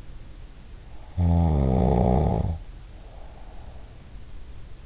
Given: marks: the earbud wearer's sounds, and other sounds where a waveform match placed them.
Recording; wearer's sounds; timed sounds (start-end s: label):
sounds in sleep by an in-ear microphone; snoring breath
1.26-4.31 s: snoring breath